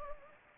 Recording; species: mosquito wingbeat signal from an infrared sensor; Anopheles gambiae